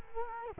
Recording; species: mosquito wingbeat signal from an infrared sensor; Culex quinquefasciatus